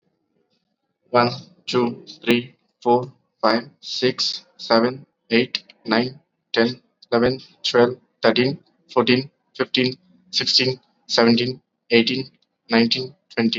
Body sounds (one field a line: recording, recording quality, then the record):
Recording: counting at a normal pace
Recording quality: excellent, no background noise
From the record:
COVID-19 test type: RT-PCR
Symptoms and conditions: cough, sore throat, fever, fatigue, muscle pain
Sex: male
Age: 21 years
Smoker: no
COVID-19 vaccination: both doses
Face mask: worn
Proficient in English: yes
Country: India